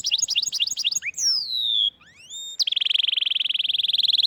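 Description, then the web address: Canary song: quick chirped notes, then a long falling slurred whistle, a brief pause, rising slides and a sustained rapid rolling trill. "Golchin Best Canari Seda Canari. Niyaz Music)"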